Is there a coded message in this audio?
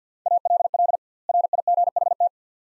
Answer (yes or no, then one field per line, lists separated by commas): yes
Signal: Morse code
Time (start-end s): 0.3-2.3 s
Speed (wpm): 48 wpm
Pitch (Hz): 700 Hz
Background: none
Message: ALL RIGHT